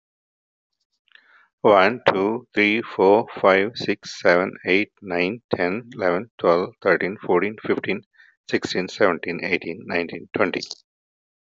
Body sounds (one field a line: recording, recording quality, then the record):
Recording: counting at a fast pace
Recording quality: excellent, no background noise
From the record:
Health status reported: healthy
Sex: male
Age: 56 years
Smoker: yes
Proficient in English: yes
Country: India